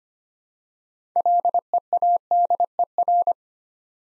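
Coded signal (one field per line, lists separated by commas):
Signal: Morse code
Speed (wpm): 25 wpm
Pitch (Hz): 700 Hz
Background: none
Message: LEADER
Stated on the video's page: Morse practice set at 25 wpm building six-letter words three letters at a time for instant character recognition.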